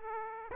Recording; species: mosquito wingbeat signal from an infrared sensor; Aedes aegypti